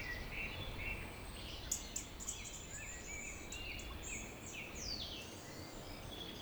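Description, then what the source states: Birds chirping sparsely with short high notes and brief twitters above a constant low rumble of background noise. Evening village birds singing in Tregastel bourg, Pleumeur-Bodou, France, around 8 pm, humid weather, April 2019; MKH 8040 ORTF pair with Rycote windshield and Zoom H5 recorder.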